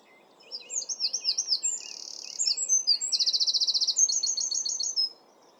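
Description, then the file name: Wren song: a loud, fast run of high sweeping notes, a buzzy stretch and bright rapid trills, lasting about five seconds against a soft low background hiss. "Wren singing"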